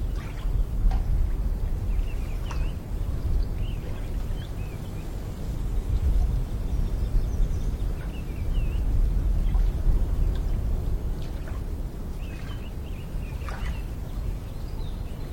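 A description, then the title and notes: Faint bird chirps come and go over a dense, steady low rumble, with short high calls near three seconds, around eight to nine, and again from twelve to fourteen. The deep murmur, like water or wind, stays constant. The lotus pond in full bloom in spring.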